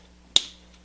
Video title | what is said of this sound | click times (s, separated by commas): How to Open Up Samsung Series 7 Ultra for Upgrades | there and press it into its clips and you'll hear them snapping in | 0.4 s